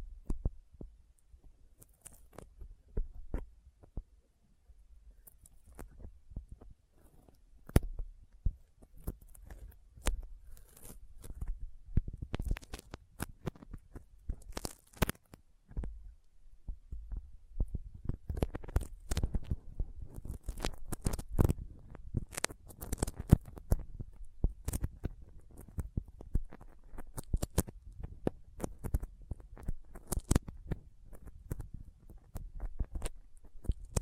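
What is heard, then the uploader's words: Sticky finger sounds: quick tacky clicks and small peeling snaps as skin pulls apart, with a soft low thump under many of them. Sparse at first, the taps grow denser and louder after about fifteen seconds, coming in irregular rapid clusters until the end. ASMR Intense Sticky Finger Sounds (No Talking).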